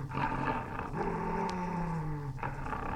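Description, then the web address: Dog giving a deep, continuous rumbling growl that holds steady for the whole three seconds, with a slight rise and fall in pitch. Angry dog barking and growling. "BBC Dog. dog angry barking and growls. BBC Historical"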